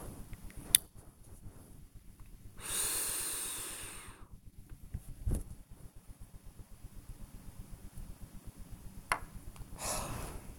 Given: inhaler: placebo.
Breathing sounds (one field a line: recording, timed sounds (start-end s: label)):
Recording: one use of a dry powder inhaler by a smartwatch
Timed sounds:
0.18-1.02 s: inhaler activation
2.54-4.42 s: inhalation
9.68-10.57 s: exhalation